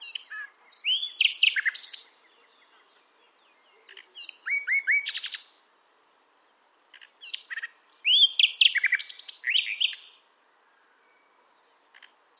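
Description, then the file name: Common nightingale song: varied phrases of rising whistles, sharp clicks and rapid buzzy trills, delivered in bursts of one to three seconds with silent gaps between. "Luscinia megarhynchos"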